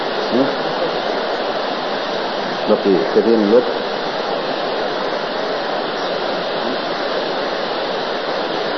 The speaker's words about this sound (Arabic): نتوقف يا إخوان إلى هنا، لأن بعض الإخوان لا يسمع، ونسأل الله عز وجل أن يجعله غيثا نافعا وصيبا نافعا، وأن يجعل فيه بركة، ويجعله من أوائل الخير النازل علينا